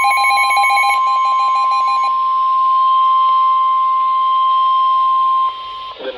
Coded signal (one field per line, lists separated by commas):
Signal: Emergency Alert System (SAME) tones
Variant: 1050 Hz attention tone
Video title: Real EAS Alert #73 Severe Thunderstorm Warning (Dangerous Situation)